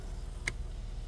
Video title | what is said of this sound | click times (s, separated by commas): 2004-2009 Dodge Durango (MAP sensor) replacement P0068 | Oh, we got a click. Okay, cool. | 0.5 s